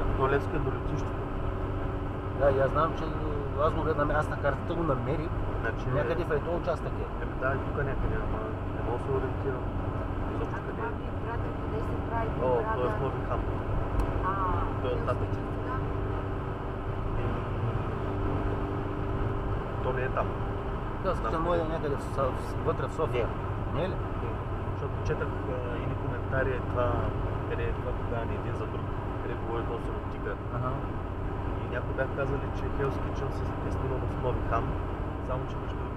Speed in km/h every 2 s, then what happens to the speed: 91, 90, 89, 89, 88, 88, 89, 91, 92, 94, 93, 90, 89, 89, 89, 88, 87, 86.
0-11 steady at about 89. 11-19 speeds up to 94. 19-36 slows to 86.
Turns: none.